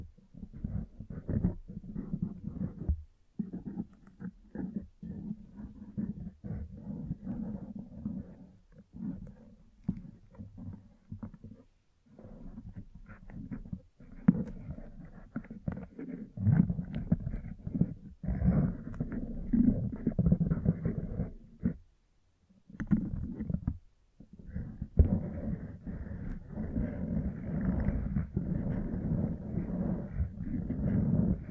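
Brushing and scratching against a microphone: dense, rough rubbing noise that is mostly low and muffled, with little high content. It comes in uneven bursts and strokes with brief silent gaps near 3, 12, 22 and 24 seconds, then turns steadier toward the end.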